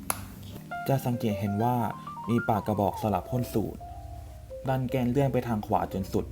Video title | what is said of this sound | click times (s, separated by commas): การใช้ยาพ่น Seretide Accuhaler | นิ้วโป้งวางบนร่องและดันออกไปทางขวาจนสุดจนได้ยินเสียงคลิกจะ | 0.1 s